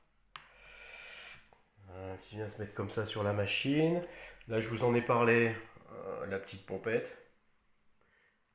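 A small fuel-mixture intake pipe is pressed onto the body of a Solo 639 chainsaw, which also has some 651SP parts, and it clips into place with a single sharp click at 0.4 s. Someone then talks for the rest of the clip.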